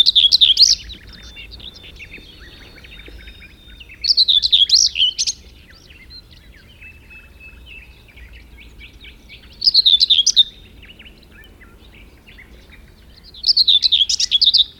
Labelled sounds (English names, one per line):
Common Whitethroat song